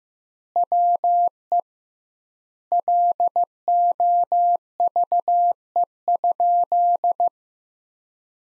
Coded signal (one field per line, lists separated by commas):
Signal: Morse code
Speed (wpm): 15 wpm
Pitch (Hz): 700 Hz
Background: none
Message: WE LOVE?